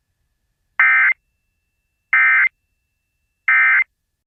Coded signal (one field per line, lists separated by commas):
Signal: Emergency Alert System (SAME) tones